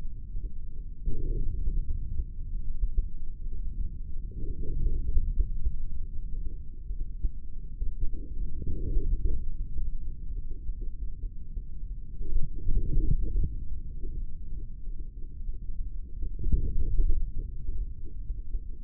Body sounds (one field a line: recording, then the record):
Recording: forearm muscle sounds (acoustic myography)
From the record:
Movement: forearm supination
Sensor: system 3, bracelet of six PUI Audio POM-2738L microphones around the upper forearm, with dedicated amplification and filtering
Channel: 1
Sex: male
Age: 23 years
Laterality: right